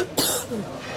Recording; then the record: coughing mixed with background sound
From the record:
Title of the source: 30 Chesty and wet cough